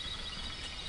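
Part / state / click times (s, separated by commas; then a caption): SATA cable connector into internal hard drive port / not seated / none. The second L-shaped SATA connector (power or data) is being handled and pushed toward the port of an internal SATA hard drive that is being installed into a DVR; nothing has seated or clicked yet. Only a steady, even broadband hiss is heard, with faint high tonal streaks near 3–4 kHz and no sudden sounds.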